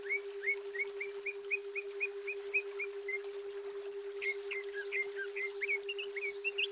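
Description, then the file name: Greater green leafbird repeating even chirps at a steady pace, then shifting to more varied, jumpy notes, with a steady low hum throughout. Female bird. "cucak ijo betina"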